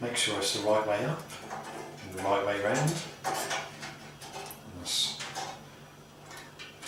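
A metal motherboard IO shield is oriented and lined up at the rear cutout of a computer case before being pressed in, while someone talks. Light handling and faint metallic rattles are heard, and nothing has clicked into place yet.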